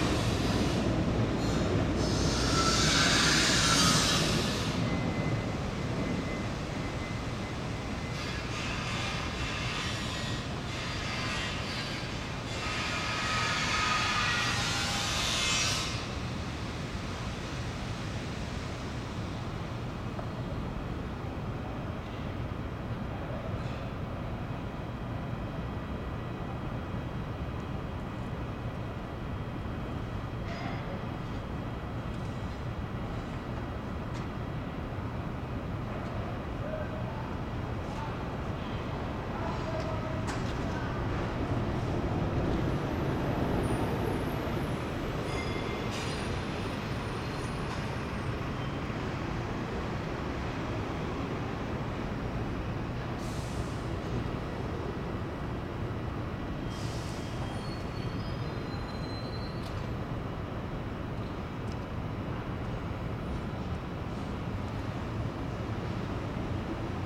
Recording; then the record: background sound without coughing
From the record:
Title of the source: 30 MINUTES Construction Site Ambience (CC BY 4.0)